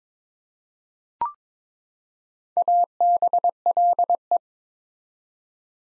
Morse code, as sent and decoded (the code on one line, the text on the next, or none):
.- -... .-.. .
ABLE